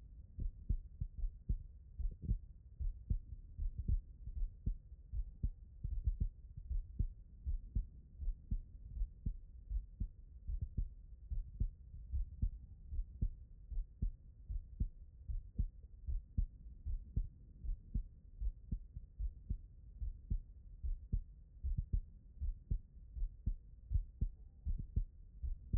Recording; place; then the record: heart sounds by stethoscope; tricuspid valve (TV)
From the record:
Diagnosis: non-HFrEF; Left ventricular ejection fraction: 66%